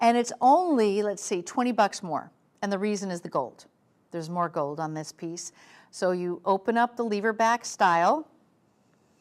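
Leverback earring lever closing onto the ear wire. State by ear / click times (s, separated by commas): not seated / none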